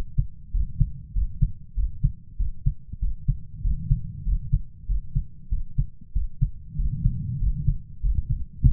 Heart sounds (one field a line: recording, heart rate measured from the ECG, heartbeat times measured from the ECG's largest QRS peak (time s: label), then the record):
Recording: heart sounds by stethoscope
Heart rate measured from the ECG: 96 bpm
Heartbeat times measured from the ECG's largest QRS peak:
0.54 s: heartbeat
1.16 s: heartbeat
1.78 s: heartbeat
2.40 s: heartbeat
3.02 s: heartbeat
3.65 s: heartbeat
4.27 s: heartbeat
4.89 s: heartbeat
5.52 s: heartbeat
6.16 s: heartbeat
6.79 s: heartbeat
7.42 s: heartbeat
8.04 s: heartbeat
8.65 s: heartbeat
From the record:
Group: healthy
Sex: male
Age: 21 years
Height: 175 cm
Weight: 72.6 kg